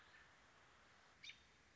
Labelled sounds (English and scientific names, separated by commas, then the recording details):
American Robin (Turdus migratorius)
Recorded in Sonoma County, California